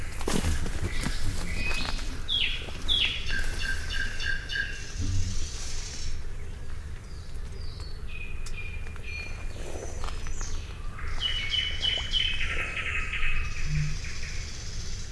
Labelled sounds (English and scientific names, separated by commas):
Eurasian Beaver (Castor fiber) call